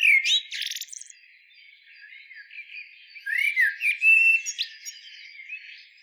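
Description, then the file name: Eurasian blackbird giving a short fluty note and a sharp squeaky flourish, then after a quieter gap a slurred whistled phrase with faint high trills. "Turdus merula"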